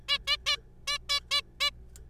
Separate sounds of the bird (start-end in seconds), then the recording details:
0.09-0.18, 0.28-0.36, 0.46-0.56, 0.88-0.98, 1.09-1.20, 1.31-1.42, 1.60-1.71. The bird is a juvenile. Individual R3428